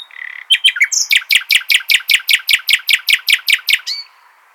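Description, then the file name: Common nightingale delivering a loud rhythmic run of many identical sharp notes, evenly spaced, after a few scratchy introductory chirps, ending with a short slurred note. "Luscinia megarhynchos"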